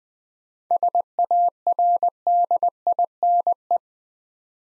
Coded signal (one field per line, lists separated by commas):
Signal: Morse code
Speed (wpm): 20 wpm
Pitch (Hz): 700 Hz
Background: none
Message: SARDINE